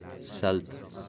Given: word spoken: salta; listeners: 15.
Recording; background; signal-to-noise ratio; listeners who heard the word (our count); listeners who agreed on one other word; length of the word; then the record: one Spanish word in noise, from a listening test; eight-talker babble; 12.6 dB; 0 of 15; 11 of 15; 0.68 s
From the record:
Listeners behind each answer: 11, 2, 1, 1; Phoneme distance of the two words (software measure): 7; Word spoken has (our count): 2 syllables, 5 phonemes, stress on syllable 1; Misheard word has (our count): 2 syllables, 6 phonemes, stress on syllable 1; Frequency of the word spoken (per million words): 13.14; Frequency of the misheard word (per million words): 0.19